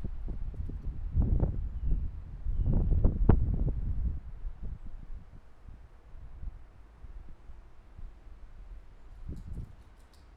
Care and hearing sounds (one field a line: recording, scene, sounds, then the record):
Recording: everyday scene through a hearing-aid microphone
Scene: wind on the microphone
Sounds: squally wind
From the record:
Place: parking lot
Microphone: behind the ear, left, rear